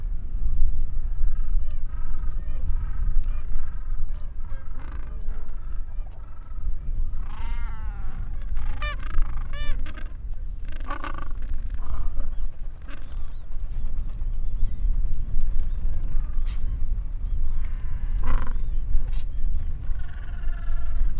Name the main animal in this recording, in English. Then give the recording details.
Gentoo Penguin. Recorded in the wild. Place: Port Lockroy (Jougla Point), Antarctica, AQ. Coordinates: -64.49, -63.29. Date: 2018-12-26. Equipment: Olympus LS-100, Sennheiser ME66. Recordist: Beaulieu, Michaël. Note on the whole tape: In Kolonie von Eselspinguinen. Brütende Vögel und kleine Küken